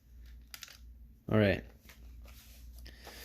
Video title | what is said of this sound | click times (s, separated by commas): How to Upgrade Thinkpad T420 Hard Drive HDD to SSD | It's locked into place. | 0.5 s